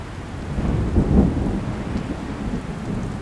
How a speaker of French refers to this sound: Puis le vent s'est levé, le tonnerre a grondé, et les cieux se sont glacés.